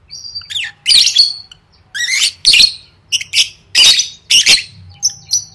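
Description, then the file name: Lovebird squawks with a swooping whistle at the start, then grating bursts and brief whistled notes in irregular groups. "tieng vet mau don"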